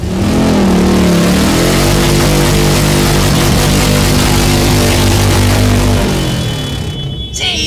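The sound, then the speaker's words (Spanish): A loud black motorcycle engine revs, its pitch swelling and dipping early on before settling into a steady, throaty drone that cuts off abruptly near the end. No one speaks. “¡Somos los chicos malos de las motos negras!”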